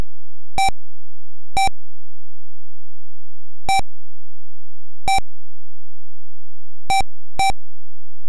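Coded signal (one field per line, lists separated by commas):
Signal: none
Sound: game's melody beeps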